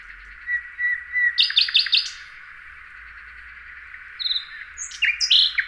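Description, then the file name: Common nightingale song: soft level whistles, then a burst of rapid buzzy chirps, a pause, and a further varied phrase of sharp sliding notes. "Luscinia megarhynchos"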